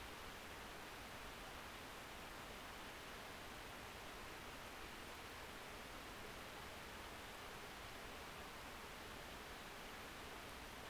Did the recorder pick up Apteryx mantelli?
no